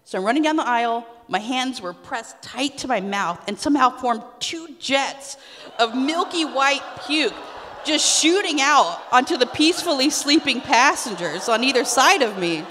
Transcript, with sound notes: So running down the aisle, my hands were pressed tight to my mouth, and somehow formed two jets of milky white puke, (audience reacting) just shooting out onto the peacefully sleeping passengers on either side of me.